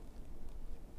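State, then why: Not seated. A small kit item is handled and pushed toward its holder or case on a second try, with only low, steady rumbling handling noise and no distinct click. Nothing has seated or snapped in yet.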